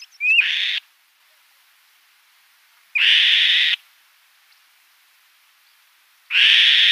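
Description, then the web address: Black-shouldered Kite giving harsh, rasping screeches, each under a second long, three calls spaced a few seconds apart with silence between. "Schulze Peter Black-shouldered Kite"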